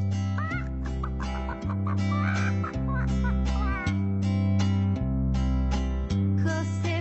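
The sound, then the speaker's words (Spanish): A hen's clucking pops up in short bursts over a bouncy, steady musical backing with a thumping bass line that shifts in regular beats. “Josefina la gallina es muy fina, es muy fina.”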